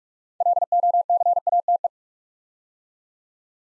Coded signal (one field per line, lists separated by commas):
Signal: Morse code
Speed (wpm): 44 wpm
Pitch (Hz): 700 Hz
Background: none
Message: LOCATE